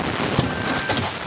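A mechanic works the stuck car door latch mechanism in a vehicle door, which seemed to have locked itself, until it releases. Over a steady broadband hiss, a single sharp click sounds at 0.4 s, and the latch clicks open, leaving the door released.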